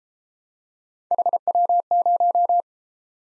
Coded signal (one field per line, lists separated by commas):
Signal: Morse code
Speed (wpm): 31 wpm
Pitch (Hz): 700 Hz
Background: none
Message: HW0